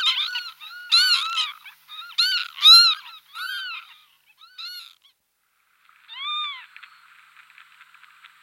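Northern Lapwing calls: wheezy, arched slurred notes, several in quick succession, then a pause and one more call.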